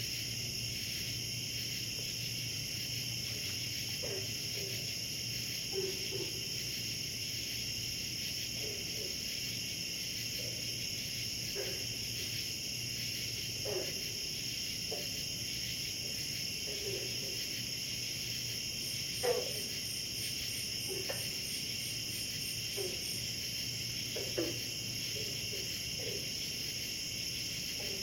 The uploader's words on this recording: Pond, frogs and cicadas. Is a field recording from a night I spent sleeping in an artwork (a small cubus made of plexiglass with a bed inside) on a pond. The surrounding sounds of the animals, small ones and big ones. Recorded by Sylvia Hinz.